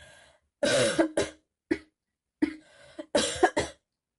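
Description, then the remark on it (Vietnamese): A fit of coughing: several harsh, raspy coughs in uneven bursts, some rough and throaty like throat clearing, with brief pauses between them and no talking. “Lạc Nghệ gầm nhẹ, sau đó ho một tràng.”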